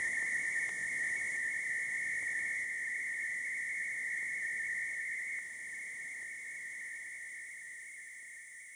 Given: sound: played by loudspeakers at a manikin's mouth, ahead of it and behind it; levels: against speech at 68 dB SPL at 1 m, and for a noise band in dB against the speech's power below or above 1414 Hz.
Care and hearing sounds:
test signals for a remote microphone
0.00-0.69 s: noise band at 2000 Hz, +5 dB
0.69-5.39 s: noise band at 2000 Hz, 0 dB
5.39-8.76 s: noise band at 2000 Hz, -5 dB
From the record:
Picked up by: remote microphone D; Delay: 24 ms

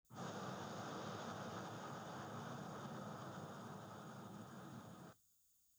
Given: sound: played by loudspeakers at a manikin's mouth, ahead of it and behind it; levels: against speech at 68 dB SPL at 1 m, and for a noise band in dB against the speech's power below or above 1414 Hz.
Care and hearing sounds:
test signals for a remote microphone
0.12-5.12 s: speech-spectrum noise from the mouth, +10 dB
From the record:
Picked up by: remote receiver E, fed by microphone B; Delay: 43 ms

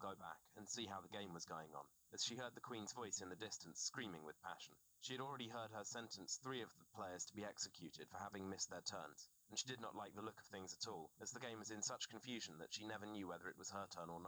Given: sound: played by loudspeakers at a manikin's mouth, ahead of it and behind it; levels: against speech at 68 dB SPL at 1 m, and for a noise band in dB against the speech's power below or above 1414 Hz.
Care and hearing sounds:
test signals for a remote microphone
0.00-14.28 s: man speaking
From the record:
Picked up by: remote receiver E, fed by microphone B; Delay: 43 ms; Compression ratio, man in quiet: 2.77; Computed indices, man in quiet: SII 0.989, HASPI 1.000, HASQI 0.404 (non-linear 0.458, linear 0.882), ESTOI 0.745

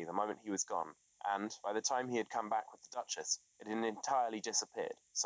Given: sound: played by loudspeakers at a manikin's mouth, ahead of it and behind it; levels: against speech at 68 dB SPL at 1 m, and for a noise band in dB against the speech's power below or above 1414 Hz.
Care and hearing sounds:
test signals for a remote microphone
0.00-5.26 s: man speaking
From the record:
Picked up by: remote microphone B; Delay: 24 ms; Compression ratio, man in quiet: 2.01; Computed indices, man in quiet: SII 0.993, HASPI 0.999, HASQI 0.298 (non-linear 0.353, linear 0.843), ESTOI 0.753

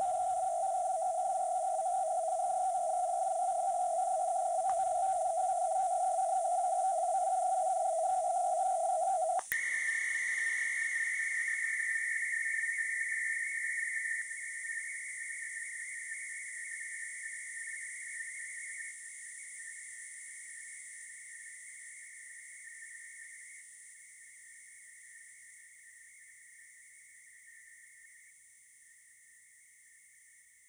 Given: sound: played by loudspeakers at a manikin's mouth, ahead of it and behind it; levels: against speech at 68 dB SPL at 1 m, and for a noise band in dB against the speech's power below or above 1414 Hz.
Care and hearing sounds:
test signals for a remote microphone
0.00-4.69 s: noise band at 707 Hz, +5 dB
4.69-9.39 s: noise band at 707 Hz, +10 dB
9.51-14.21 s: noise band at 2000 Hz, +10 dB
14.21-18.91 s: noise band at 2000 Hz, +5 dB
18.91-23.61 s: noise band at 2000 Hz, 0 dB
23.61-28.30 s: noise band at 2000 Hz, -5 dB
28.30-30.69 s: noise band at 2000 Hz, -10 dB
From the record:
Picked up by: remote microphone C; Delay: 23 ms

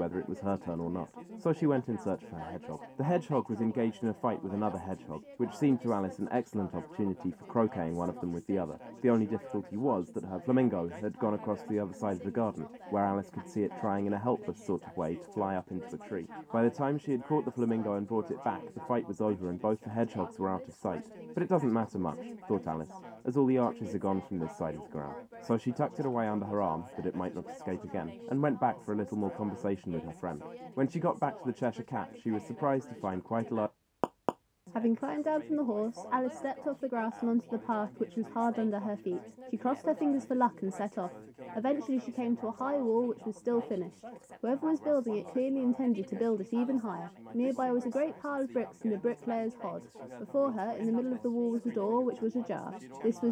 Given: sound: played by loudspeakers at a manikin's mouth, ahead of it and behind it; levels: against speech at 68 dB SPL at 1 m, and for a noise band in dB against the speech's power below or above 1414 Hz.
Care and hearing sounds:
test signals for a remote microphone
0.00-33.66 s: man speaking, babble ahead at +6 dB SNR for speech at 1 m
34.04 s: click
34.29 s: click
34.66-53.32 s: woman speaking, babble ahead at +6 dB SNR for speech at 1 m
From the record:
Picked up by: measurement microphone

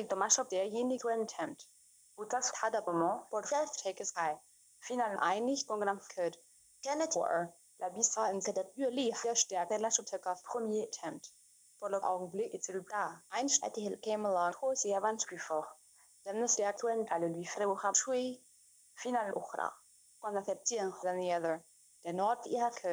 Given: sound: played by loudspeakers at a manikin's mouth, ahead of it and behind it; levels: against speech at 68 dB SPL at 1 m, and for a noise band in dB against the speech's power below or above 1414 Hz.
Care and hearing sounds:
test signals for a remote microphone
0.00-22.92 s: speech test signal (ISTS)
From the record:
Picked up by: remote microphone B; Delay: 24 ms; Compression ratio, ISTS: 1.85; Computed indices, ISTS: SII 0.995, HASPI 0.987, HASQI 0.342 (non-linear 0.414, linear 0.827), ESTOI 0.825

